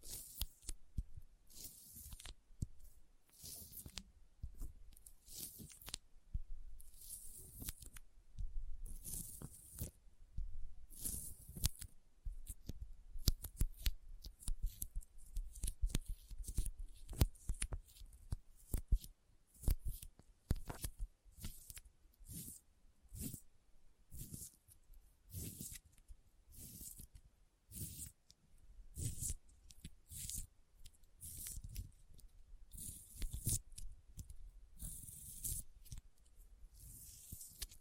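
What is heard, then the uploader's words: Sticky fingers press and pull apart in a dense, irregular stream of short crackling snaps and squishy peels, often several per second. Each pull carries a crisp, bright tacky edge over a soft low thump, with brief quiet gaps scattered throughout. ASMR Intense Sticky Finger Sounds (No Talking).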